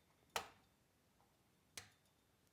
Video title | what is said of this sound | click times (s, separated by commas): Fixing Chinese 24V 120W electric scooter ZL-07A (no reaction to power, driving without throttle) | yeah it click in place okay we are good to go | 0.4 s